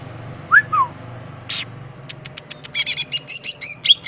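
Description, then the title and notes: Greater green leafbird song: two soft slurred notes, a burst of clicks, then a quick run of bright whistles over steady background hum. Vigorously singing (gacor), melodious bird in ngentrok style with crest raised (jambul nembak); recording intended as a master track for training other greater green leafbirds. "Cucak Ijo Gacor Ngentrok Jambul Nembak. suara burung cucak ijo gacor, merdu cocok buat masteran burung cucak ijo"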